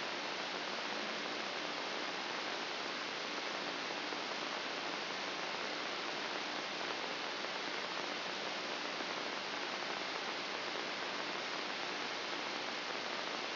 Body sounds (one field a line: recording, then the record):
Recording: brain microelectrode recording played as sound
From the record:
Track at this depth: inside the subthalamic nucleus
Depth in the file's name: 0.229 mm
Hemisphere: left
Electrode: 3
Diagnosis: Parkinson's disease